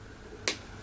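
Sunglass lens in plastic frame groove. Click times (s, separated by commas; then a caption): 0.5 s. Fingers pull sections of an Oakley Chainlink sunglasses' plastic frame outward while the thumbs push the old lens forward, with the frame turned at a 90-degree angle. A single sharp, bright pop sounds at 0.5 s over a quiet background, then fades quickly. The lens unseats and releases from the frame groove.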